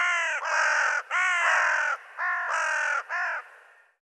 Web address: cianscape birddata Deverinetal 2025 Bird Co Co Co Co